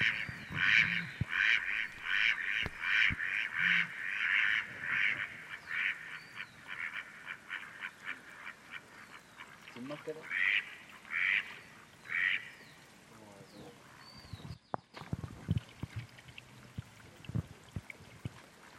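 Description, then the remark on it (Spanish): Busy, repeated bird calls in the mountains, some harsh and quacking like ducks, over a steady wash of running water, with scattered clicks and splashes throughout; no one speaks. “Con estos sonidos de fondo, los pajarillos, el agua, la montaña.”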